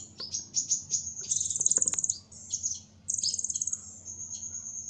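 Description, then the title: Small bird giving very high, fast trills and thin chirps in bursts, each trill under a second long, separated by brief quieter gaps. "Burung Kecil"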